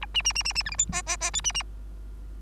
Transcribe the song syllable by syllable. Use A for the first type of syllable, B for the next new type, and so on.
A B B B B B C D E F F F G B B